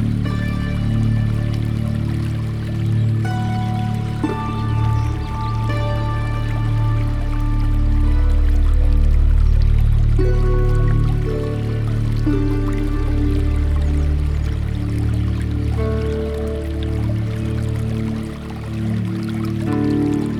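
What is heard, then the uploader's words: Water runs steadily through the garden with a full, deep rush that hardly changes in loudness across the twenty seconds. Over it come shifting ringing gurgles, clear pitched tones that rise and fall every second or two as the flow bubbles along. Water Running Through the Garden.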